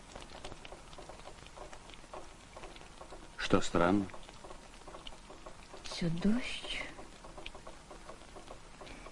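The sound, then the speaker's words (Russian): A steady, soft patter of rain runs through the whole stretch, with two brief bursts of speech rising over it partway through. “дождь. Такая вот встреча.”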